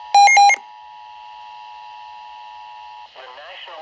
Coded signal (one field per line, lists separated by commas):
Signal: Emergency Alert System (SAME) tones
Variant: 853 and 960 Hz attention tone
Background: speech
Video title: EAS#148 Tornado Warning